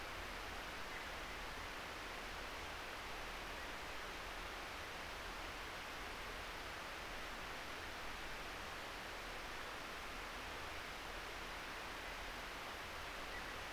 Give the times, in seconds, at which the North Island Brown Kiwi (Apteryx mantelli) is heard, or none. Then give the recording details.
none. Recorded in New Zealand on 3 December 2013. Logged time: 04:27. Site DF60